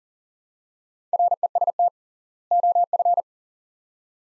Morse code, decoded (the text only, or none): REST OF